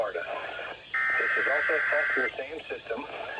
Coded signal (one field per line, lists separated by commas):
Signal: Emergency Alert System (SAME) tones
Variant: header bursts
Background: speech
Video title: Thanksgiving Tropo RWT - EAS Tests From 11/27/24 (EAS #3107-3115)